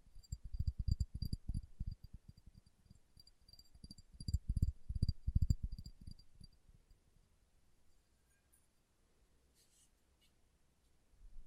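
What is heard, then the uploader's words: Soft fingertip tapping, dull and low, in quick uneven bursts for about six seconds, with the strongest runs near the start and around the five-second mark. Then it goes nearly silent, with a faint rustle near ten seconds and a single tap at the end. ASMR Tapping with Fingertips (No Talking).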